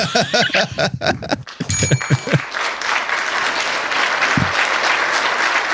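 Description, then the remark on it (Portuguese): Voices and laughter give way to a crowd bursting into steady, dense applause that carries on evenly at full volume for several seconds. “Palmas.”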